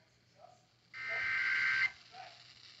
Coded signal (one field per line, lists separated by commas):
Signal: Emergency Alert System (SAME) tones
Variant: header bursts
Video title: Reviving the Meme... | EAS #1707-1726* (Severe Weather Alerts from 10/25/2021)